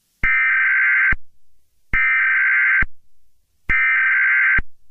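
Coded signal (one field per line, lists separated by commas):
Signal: Emergency Alert System (SAME) tones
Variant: header bursts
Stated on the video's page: Fictional EAS scenario.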